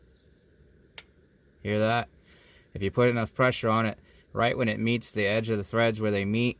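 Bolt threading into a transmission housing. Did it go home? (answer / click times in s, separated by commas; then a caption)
yes / 1.0 s. A bolt on a 2009–2014 Ford Mustang 6R80 transmission TCM lead frame is turned backwards into the transmission housing until its thread start drops over the mating thread, giving a single sharp click at 0.9 s. Someone talks afterward. The click means the bolt is lined up and can be threaded forward.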